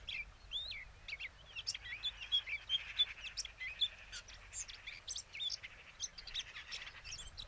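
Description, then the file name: Eurasian blackcap giving a rambling warble of short whistles and chattering notes over a light background hiss. "Sylvia atricapilla"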